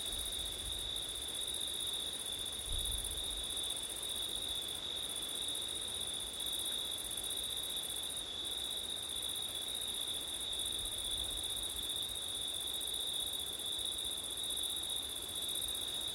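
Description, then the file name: Crickets trilling steadily at high pitch for the whole stretch, the upper voice briefly dipping a few times, with low wind gusts near the start. Crickets on a September night, with wind. "crickets wind september night ortif"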